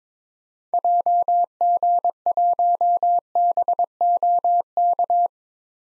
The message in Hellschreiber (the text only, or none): none